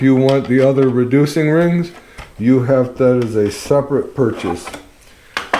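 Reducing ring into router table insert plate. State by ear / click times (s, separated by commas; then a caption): seated / 5.4 s, 5.5 s. Someone talks, then a reducing ring is pressed into the insert plate of a Kreg Benchtop Router Table. It gives two sharp metallic snaps at 5.4 s and 5.5 s. The ring seats and locks into place.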